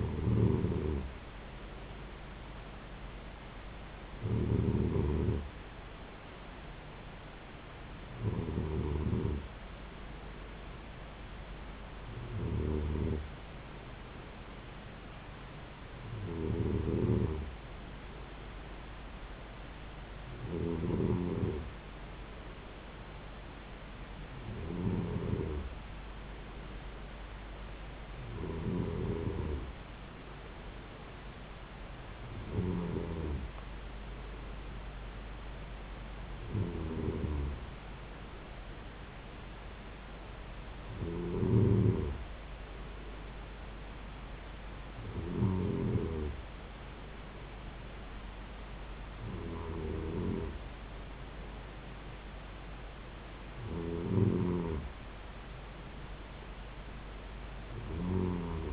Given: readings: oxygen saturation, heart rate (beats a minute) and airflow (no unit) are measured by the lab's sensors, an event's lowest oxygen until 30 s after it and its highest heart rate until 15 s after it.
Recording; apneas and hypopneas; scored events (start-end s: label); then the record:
breathing in sleep by a voice recorder at the bedside; none
none scored
From the record:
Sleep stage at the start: N2 (light sleep); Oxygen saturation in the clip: 93 to 94%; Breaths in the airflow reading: 14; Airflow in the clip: -3.8 to 3.3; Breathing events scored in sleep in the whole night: 270 in 6.1 hours asleep